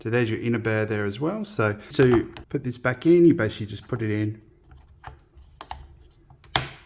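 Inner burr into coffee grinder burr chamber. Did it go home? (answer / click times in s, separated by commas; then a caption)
yes / 6.6 s. Someone talks as the removable inner burr of a Breville Smart Grinder Pro coffee grinder is pushed back into its seat in the burr chamber, and then the retaining clip is pressed down. Light knocks sound at about 5.1, 5.6 and 5.7 seconds, then a sharp, loud click at 6.6 seconds as the burr clicks into place and seats.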